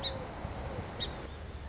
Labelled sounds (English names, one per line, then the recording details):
Song Sparrow
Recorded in Sonoma County, California